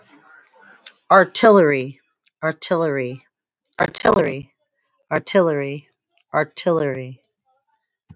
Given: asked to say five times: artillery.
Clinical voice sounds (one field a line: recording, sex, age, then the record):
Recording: repeated word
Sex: female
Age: 40 to 49 years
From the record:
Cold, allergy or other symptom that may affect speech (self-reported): no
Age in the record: 42 years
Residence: Pennsylvania, United States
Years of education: 12